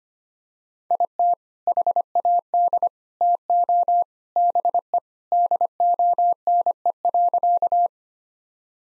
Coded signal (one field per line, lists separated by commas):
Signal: Morse code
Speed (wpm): 25 wpm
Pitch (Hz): 700 Hz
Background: none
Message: IT HAD TO BE DONE.